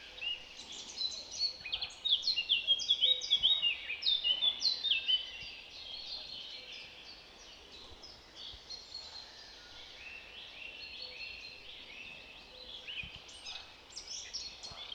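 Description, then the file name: Eurasian blackcap song: a fast, scratchy warble of varied high notes, busiest in the first five seconds, then softer continued chatter over faint background noise. "Sylvia atricapilla"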